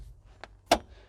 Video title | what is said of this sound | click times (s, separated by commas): VAN TOUR: Vauxhall Vivaro Bespoke Campervan Conversion | and that just locks into place there we're ready to travel again | 0.7 s